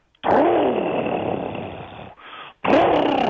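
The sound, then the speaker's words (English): A man imitates the bellow of a male alligator calling females or warning other males off its territory: a long, rough, low rumbling growl, a brief break, then a second loud burst, with no words spoken. “It sounds like you're starting a weed eater. It's the males. They're bellowing.”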